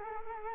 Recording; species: mosquito wingbeat signal from an infrared sensor; Culex quinquefasciatus